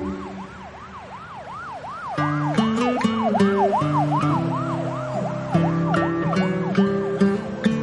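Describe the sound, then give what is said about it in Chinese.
An ambulance speeds through quiet early-morning streets of Mingtan city, its siren whooping in quick, evenly repeating rising-and-falling cycles; after about two seconds a louder rumble of traffic joins in, with steady blaring horn-like tones layered over the wail. “凌晨的明潭市街道很安静，救护车疾驰而过，风从被震碎的车窗凶猛地刮进来，发出了聒噪的猎猎声响。”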